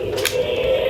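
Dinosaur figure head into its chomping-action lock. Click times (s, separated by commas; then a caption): 0.3 s. The head of a plastic dinosaur figure is lifted to set its chomping action, and the jaw mechanism locks into place with a short, sharp click at 0.3 s. A steady low background tone continues throughout, and the mechanism ends up seated in its lock.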